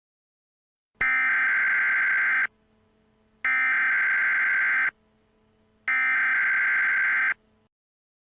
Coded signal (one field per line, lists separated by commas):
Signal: Emergency Alert System (SAME) tones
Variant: header bursts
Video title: Elmo Error II (+ The Frustrated Kitty, MistfulSkye) (EAS Scenario)